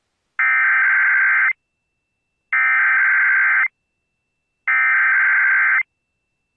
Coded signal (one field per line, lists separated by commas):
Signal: Emergency Alert System (SAME) tones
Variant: header bursts